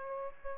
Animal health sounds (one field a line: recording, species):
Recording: mosquito wingbeat signal from an infrared sensor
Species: Aedes aegypti